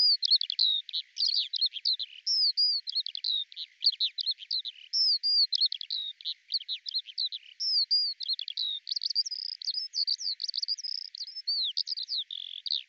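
Eurasian skylark giving a continuous babbling song of sharp chirps, slurred whistles and brief trills.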